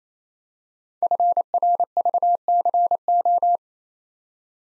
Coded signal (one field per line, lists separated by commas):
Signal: Morse code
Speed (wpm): 28 wpm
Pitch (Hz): 700 Hz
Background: none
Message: FRVCO